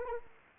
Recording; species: mosquito wingbeat signal from an infrared sensor; Anopheles arabiensis